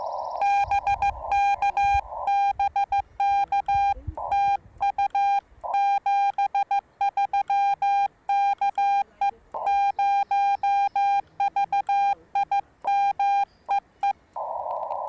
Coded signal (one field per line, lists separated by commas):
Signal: Morse code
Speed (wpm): 15 wpm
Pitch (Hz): 810 Hz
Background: none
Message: BK BK TU 73 KE0VIM EE